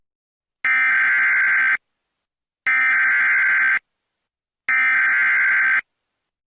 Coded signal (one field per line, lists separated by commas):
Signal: Emergency Alert System (SAME) tones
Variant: header bursts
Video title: EAS Mini: Tornado Warning In Metro Manila